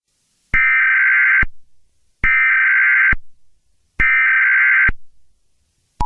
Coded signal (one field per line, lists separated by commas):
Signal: Emergency Alert System (SAME) tones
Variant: header bursts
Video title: EAS Scenario #30: The Sniper Part 2: The American troubles.